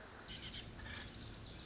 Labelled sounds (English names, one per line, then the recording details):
Pacific Wren
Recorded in Sonoma County, California